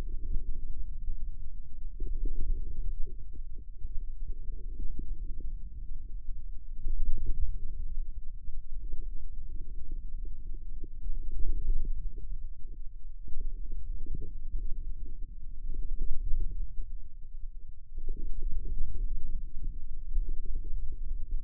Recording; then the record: forearm muscle sounds (acoustic myography)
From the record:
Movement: wrist extension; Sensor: system 2, bracelet of six BSWA MPA416 microphones around the upper forearm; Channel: 5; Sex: male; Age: 22 years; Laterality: right